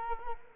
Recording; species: mosquito wingbeat signal from an infrared sensor; Culex quinquefasciatus